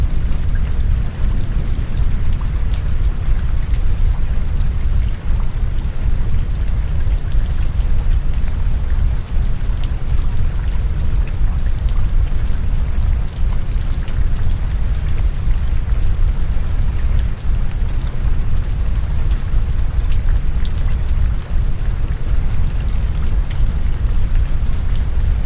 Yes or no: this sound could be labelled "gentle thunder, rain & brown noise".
yes